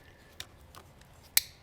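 A black plastic wiring connector is pushed onto its mate on the controller harness during a Torp TC500 controller install on a Talaria. A few light plastic ticks at about 0.4, 0.8 and 1.0 seconds lead to one sharp, loud snap at 1.4 seconds as the connector seats and is confirmed home.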